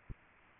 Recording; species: mosquito wingbeat signal from an infrared sensor; Aedes aegypti